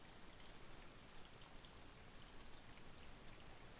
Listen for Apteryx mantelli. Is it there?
no